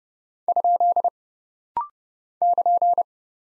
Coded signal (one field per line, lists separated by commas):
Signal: Morse code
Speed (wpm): 30 wpm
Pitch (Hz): 700 Hz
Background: none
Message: ? <KN>